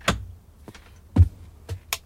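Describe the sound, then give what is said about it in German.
An unlocked door is opened: a few sharp latch and handle clicks, a dull low thunk in the middle, then a couple of lighter clicks, all fairly quiet with no voices. “Komisch. Die Tür ist nicht abgeschlossen.”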